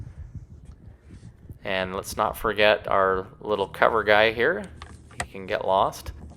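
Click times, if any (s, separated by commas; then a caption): none. Someone talks while handling the small plastic cover for the spare-tire winch access hole in the rear bumper of a Toyota Sequoia, after the spare has been lowered. Soft handling noises sit under the speech, with a faint sharp tick at the very end. The cover has not yet been pressed in, and nothing has seated or clicked yet.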